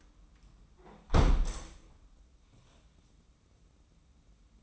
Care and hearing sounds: daily activity, microphone in the room; close window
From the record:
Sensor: 1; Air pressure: 994.4 hPa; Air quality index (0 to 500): 213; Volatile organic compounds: 1000 ppm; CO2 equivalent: 7644 ppm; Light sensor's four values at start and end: 79/172/78/82 and 78/169/77/81

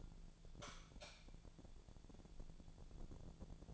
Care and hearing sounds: daily activity, microphone in the room; light on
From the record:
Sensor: 5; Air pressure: 1000.1 hPa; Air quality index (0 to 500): 98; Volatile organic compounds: 1 ppm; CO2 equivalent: 794 ppm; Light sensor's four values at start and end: 147/350/148/161 and 147/354/149/163

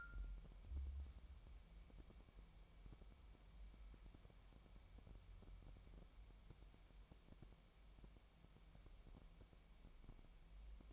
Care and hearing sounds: daily activity, microphone in the room; wipe stove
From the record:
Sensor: 1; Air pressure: 1003.3 hPa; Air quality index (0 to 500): 199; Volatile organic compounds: 6 ppm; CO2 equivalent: 1904 ppm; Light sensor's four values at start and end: 10/24/10/12 and 10/24/10/12

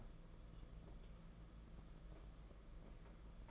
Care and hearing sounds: daily activity, microphone in the room; take from stove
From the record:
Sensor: 5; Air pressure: 992.2 hPa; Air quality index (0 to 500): 210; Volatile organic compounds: 1000 ppm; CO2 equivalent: 6099 ppm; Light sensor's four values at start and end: 6/14/5/6 and 6/14/5/6

